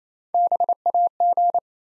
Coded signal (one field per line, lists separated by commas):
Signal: Morse code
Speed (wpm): 27 wpm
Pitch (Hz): 700 Hz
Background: none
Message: BAG